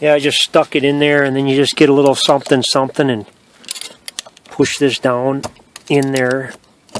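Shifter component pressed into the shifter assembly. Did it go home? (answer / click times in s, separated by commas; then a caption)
no / none. During a short-throw Cobb shifter install on a 2012 Subaru WRX after a failure, a shifter component is pushed down into the shifter assembly with a small tool while someone talks. A few brief handling clicks are heard between about 3.7 and 4.5 s, but the part has not snapped into place yet.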